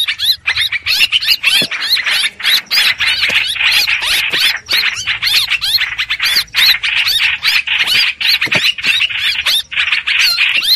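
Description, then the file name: Streak-eared bulbul giving shrill, wavering squeals and chatters in a fast, uneven run that barely pauses. Distress call given to summon the flock. "Tieng chim trao trao keu cuu goi bay"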